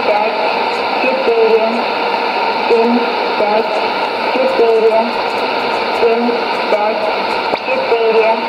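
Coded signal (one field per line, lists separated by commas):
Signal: numbers station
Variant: S06s, Russian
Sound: faint voice reading short evenly spaced words, buried in loud shortwave hiss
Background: radio static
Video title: 21 03 2017 Numbers station S06s Russian Lady in Russian to Eu 1100 on 6190 in CUSB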